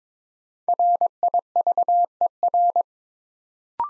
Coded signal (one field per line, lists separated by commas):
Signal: Morse code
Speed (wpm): 21 wpm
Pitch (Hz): 700 Hz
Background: none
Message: RIVER